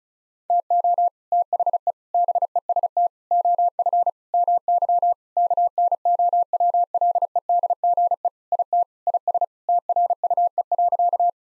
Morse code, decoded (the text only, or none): TO THE BEST OF MY KNOWLEDGE IT IS TRUE.